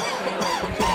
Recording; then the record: coughing mixed with background sound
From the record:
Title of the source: Dry Coughing Fit in the Afternoon.